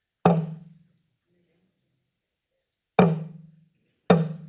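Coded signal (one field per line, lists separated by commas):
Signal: talking drum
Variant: African talking drum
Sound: three resonant low drum strokes, one then a pause, then two closer together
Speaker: Muerte, muy bien. Eso es para avisar de un funeral, ¿verdad? Es parecido a nuestras campanas también, para avisar de que hay un funeral, alguien ha muerto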